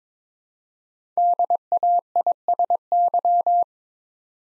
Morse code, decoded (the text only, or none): DAISY